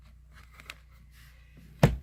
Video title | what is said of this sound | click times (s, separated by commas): Great progress installing our own flooring inside the cabin | Lock the joint in place. Oh yeah, I can totally hear it click. Yep. | 1.8 s